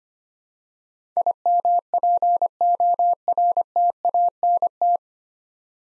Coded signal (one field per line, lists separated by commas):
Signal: Morse code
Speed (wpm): 26 wpm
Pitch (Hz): 700 Hz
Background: none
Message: IMPORTANT